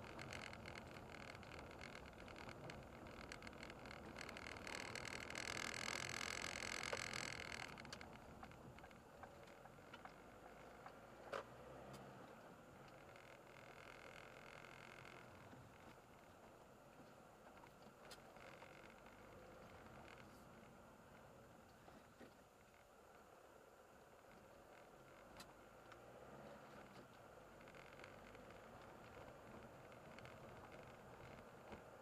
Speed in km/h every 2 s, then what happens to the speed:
21, 19, 25, 22, 18, 29, 30, 31, 22, 23, 14, 9, 13, 25, 26, 27.
0-5 steady at about 21. 5-8 slows to 18. 8-10 speeds up to 29. 14-16 brakes to 22. 19-23 brakes to 9. 23-32 speeds up to 27.